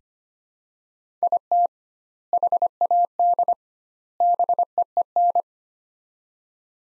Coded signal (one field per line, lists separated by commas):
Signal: Morse code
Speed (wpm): 25 wpm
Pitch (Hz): 700 Hz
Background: none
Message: IT HAD BEEN